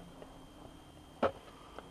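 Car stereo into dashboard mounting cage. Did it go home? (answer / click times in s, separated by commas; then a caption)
yes / 1.2 s. A car stereo is pushed by hand, with no tools, back into its dashboard mounting cage until the spring-loaded metal fingers latch. A faint tick comes at 0.2 s, then a sharp click at 1.2 s as the radio seats, followed by a small tick at 1.8 s. The stereo is seated in the dash.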